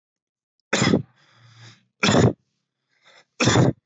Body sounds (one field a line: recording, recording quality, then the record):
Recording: heavy voluntary cough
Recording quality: excellent, no background noise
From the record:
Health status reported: healthy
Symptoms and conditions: none ticked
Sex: male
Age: 21 years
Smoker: not ticked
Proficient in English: yes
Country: India